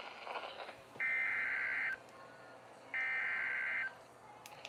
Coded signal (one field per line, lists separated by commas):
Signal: Emergency Alert System (SAME) tones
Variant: header bursts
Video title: EAS Alerts From 6/26/25 (EAS #4865-4932)